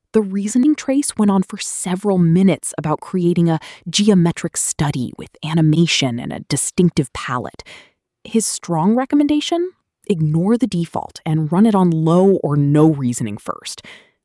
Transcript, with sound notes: The reasoning trace went on for several minutes about creating a ‘geometric study’ with animation and a distinctive palette. [with emphasis] His strong recommendation: ignore the default and run it on low or no reasoning first.